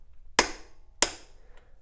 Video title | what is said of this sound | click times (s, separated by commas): How to Use Tekton Micrometer Torque Wrenches | Okay, so once the torque wrench clicks like that, you know you reach your torque value. | 0.4 s